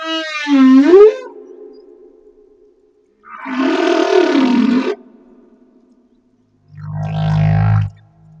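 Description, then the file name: Humpback whale song: a harmonic downsweeping moan with a sliding tonal trail, then a broad roaring unit and a deep low grunt. Humpback whale off Madagascar. "Humpback Whale - Madagascar Whale One"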